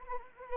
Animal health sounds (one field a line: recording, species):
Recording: mosquito wingbeat signal from an infrared sensor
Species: Anopheles arabiensis